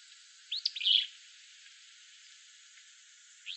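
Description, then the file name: Willow flycatcher giving a quick burst of sharp, buzzy high notes near the one-second mark, then a single rising note at the very end. Recorded in Arizona on 11 June 2006. "WIFL 5 deviche"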